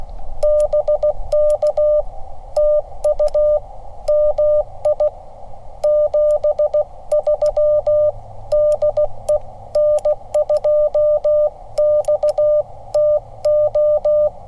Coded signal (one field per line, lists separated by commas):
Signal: Morse code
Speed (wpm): 16 wpm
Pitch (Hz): 1200 Hz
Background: none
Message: BK TU MI 73 DE N2XTO